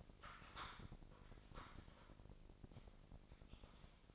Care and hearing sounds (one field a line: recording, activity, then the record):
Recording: daily activity, microphone in the room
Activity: typing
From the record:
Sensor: 5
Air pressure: 1007.7 hPa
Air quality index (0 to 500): 95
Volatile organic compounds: 1 ppm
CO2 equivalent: 748 ppm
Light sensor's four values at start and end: 39/92/38/39 and 39/92/38/39